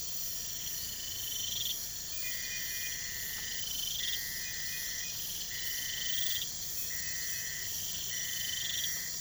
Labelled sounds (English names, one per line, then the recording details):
none
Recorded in pastures near Puerto Asís, Putumayo, Colombia, on 22 December 2024 at 02:30
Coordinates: 0.472, -76.329
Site G072